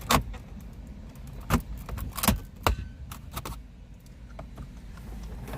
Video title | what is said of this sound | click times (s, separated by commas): 2014 Dodge Durango radio upgrade | Right there. Pop it. You'll hear it pop. | 2.7 s